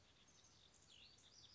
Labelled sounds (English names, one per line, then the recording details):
House Wren
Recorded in Sonoma County, California